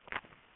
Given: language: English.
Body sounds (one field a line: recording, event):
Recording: throat vibration sensor signal played as sound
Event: swallow